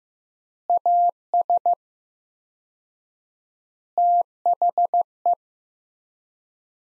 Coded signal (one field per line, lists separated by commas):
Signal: Morse code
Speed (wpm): 15 wpm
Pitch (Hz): 700 Hz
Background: none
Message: AS THE